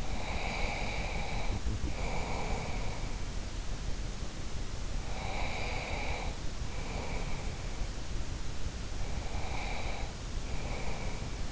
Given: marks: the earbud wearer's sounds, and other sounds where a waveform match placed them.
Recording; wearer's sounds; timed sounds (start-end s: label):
sounds in sleep by an in-ear microphone; breath
0.00-3.29 s: breath
5.02-7.87 s: breath
8.96-11.51 s: breath